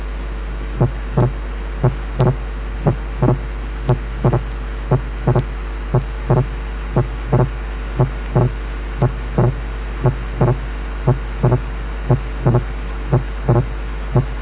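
Regular adult heartbeat near 57 a minute, heard by stethoscope, with wide splitting of the second heart sound that increases with inspiration, due to complete right bundle branch block.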